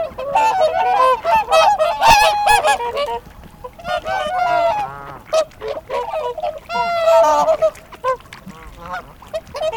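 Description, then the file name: Whooper swan calls, many birds trumpeting and honking in overlapping bursts with brief quieter gaps between outbursts. Recorded at Hamretjern on 7 February 2021. "20210207 sangsvane hamretjern"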